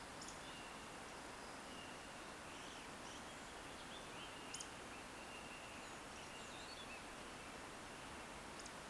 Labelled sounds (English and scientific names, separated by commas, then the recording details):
Eurasian Woodcock (Scolopax rusticola) whistle
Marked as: whistle, whistle, whistle
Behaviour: display flight
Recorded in Baden-Württemberg, Germany, on 10 June 2021 at 19:47 UTC
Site 43323, 910 m above sea level